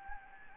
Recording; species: mosquito wingbeat signal from an infrared sensor; Anopheles gambiae